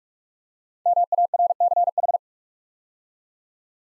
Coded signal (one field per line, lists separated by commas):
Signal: Morse code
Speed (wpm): 44 wpm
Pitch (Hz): 700 Hz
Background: none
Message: MARCH